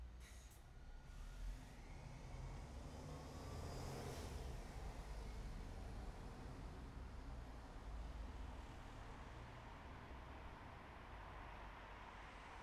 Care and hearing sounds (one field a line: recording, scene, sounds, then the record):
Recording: everyday scene through a hearing-aid microphone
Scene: in traffic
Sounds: traffic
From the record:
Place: bus stop on a city main road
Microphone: behind the ear, right, rear